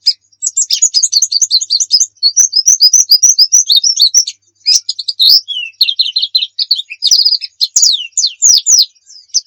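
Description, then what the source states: White-eye song: rapid, high-pitched chirping twitter of short sweeping notes, nearly continuous with brief pauses. Pleci muria type; masteran (song-training material).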